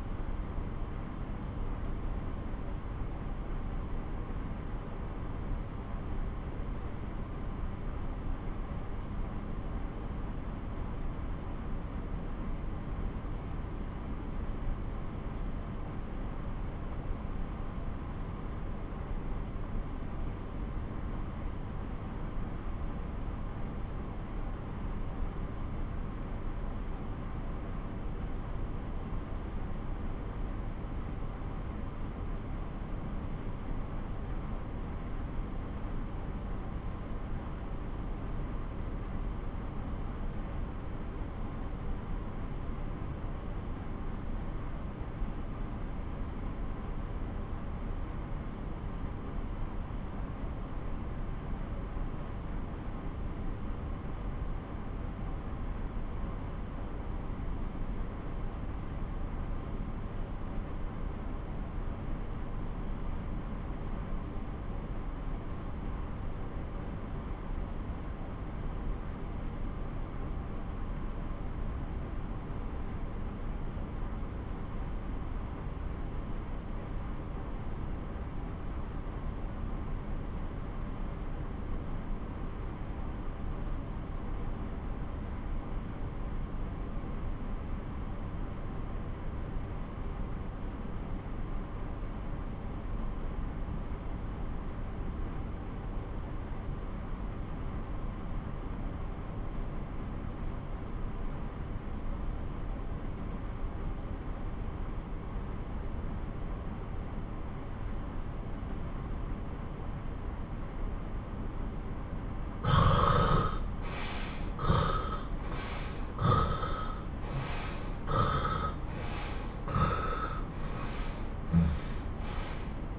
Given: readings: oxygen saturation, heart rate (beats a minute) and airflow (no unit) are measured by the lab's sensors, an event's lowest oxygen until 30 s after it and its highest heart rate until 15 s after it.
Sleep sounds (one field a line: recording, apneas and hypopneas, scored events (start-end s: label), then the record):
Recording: breathing in sleep by a smartphone at the bedside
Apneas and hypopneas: 1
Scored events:
4.00-112.60 s: obstructive apnea (N1, oxygen 92% highest, then 66% lowest)
17.00-107.00 s: new sleep stage, REM sleep
107.00-122.99 s: new sleep stage, N1 (lightest sleep)
From the record:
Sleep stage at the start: N1 (lightest sleep)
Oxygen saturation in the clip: 81 to 92%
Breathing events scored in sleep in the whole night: 217 in 6.3 hours asleep